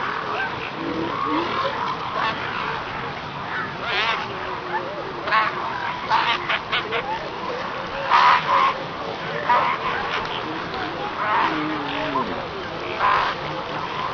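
South American fur seals calling as a herd, a dense chorus of harsh, honking barks and bleats in repeated bursts over continuous background roar.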